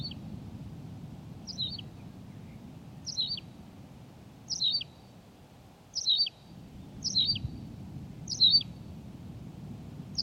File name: Pipit rousseline Anthus campestris